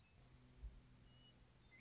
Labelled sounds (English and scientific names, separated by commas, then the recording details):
Western Meadowlark (Sturnella neglecta)
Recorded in Sonoma County, California